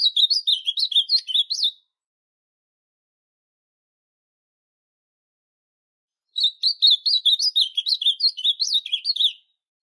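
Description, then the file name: Ultramarine grosbeak singing two bright, warbling phrases of slurred up-and-down notes, separated by a long silence. "CANTO AZULAO"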